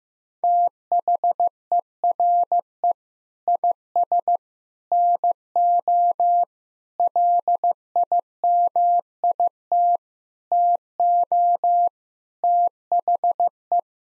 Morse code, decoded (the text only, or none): THERE IS NO LIMIT TO THE